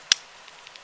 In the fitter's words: there pop that there